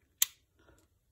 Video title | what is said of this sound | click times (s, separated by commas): How to Change Attachments on the FlexSeries Shaver | is apply a bit of pressure and then each attachment will snap into place | 0.2 s